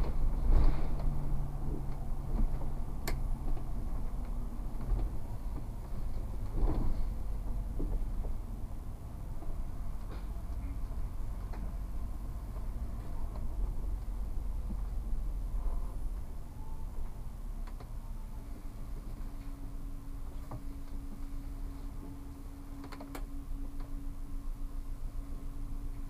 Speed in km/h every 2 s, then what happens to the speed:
26, 26, 21, 20, 17, 17, 18, 17, 14, 5, 5, 6, 8.
0-9 slows to 17. 9-15 steady at about 17. 15-19 slows to 5. 19-26 steady at about 6.